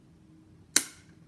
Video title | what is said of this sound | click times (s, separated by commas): 4 How to refill and change batteries of Dettol hand soap dispenser. | push it back again click | 0.8 s